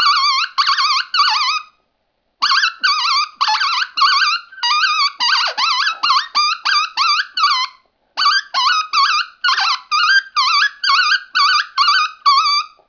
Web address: coyote